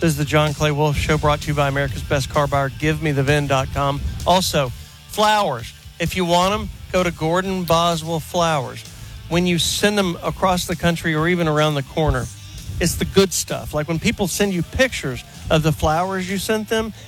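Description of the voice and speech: An adult man reads a radio sponsor plug in clear, fluent, steady speech with ordinary rhythm and voice.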